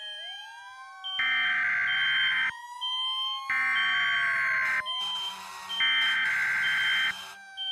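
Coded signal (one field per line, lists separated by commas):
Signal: Emergency Alert System (SAME) tones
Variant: header bursts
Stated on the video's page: Fictional EAS scenario, a Sonic.EXE horror Halloween special.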